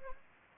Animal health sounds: mosquito wingbeat signal from an infrared sensor; Anopheles gambiae

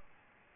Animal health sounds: mosquito wingbeat signal from an infrared sensor; Aedes albopictus

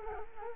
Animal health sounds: mosquito wingbeat signal from an infrared sensor; Culex quinquefasciatus

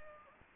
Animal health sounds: mosquito wingbeat signal from an infrared sensor; Anopheles gambiae

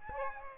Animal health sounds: mosquito wingbeat signal from an infrared sensor; Aedes aegypti

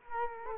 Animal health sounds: mosquito wingbeat signal from an infrared sensor; Culex quinquefasciatus

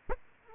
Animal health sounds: mosquito wingbeat signal from an infrared sensor; Aedes aegypti

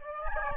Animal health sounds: mosquito wingbeat signal from an infrared sensor; Aedes albopictus

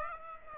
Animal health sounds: mosquito wingbeat signal from an infrared sensor; Aedes aegypti

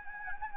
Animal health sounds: mosquito wingbeat signal from an infrared sensor; Anopheles gambiae

